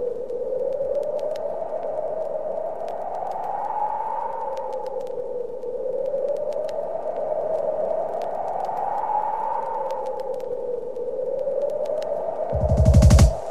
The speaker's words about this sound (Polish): Posłuchajcie, jak brzmiał hip-hop na początku tego wieku.